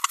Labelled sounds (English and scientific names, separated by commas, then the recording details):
Green-rumped Parrotlet (Forpus passerinus) babbling
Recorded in a nest box in Venezuela
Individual 18B25A3